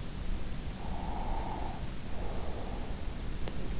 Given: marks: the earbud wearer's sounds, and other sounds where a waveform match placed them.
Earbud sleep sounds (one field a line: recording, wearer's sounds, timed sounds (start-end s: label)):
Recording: sounds in sleep by an in-ear microphone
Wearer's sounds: breath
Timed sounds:
0.76-3.12 s: breath